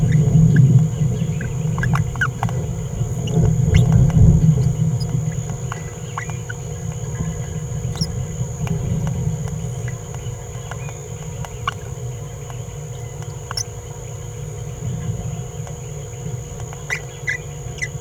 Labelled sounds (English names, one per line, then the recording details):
Green-rumped Parrotlet babbling
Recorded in a nest box in Venezuela
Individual 18B17A4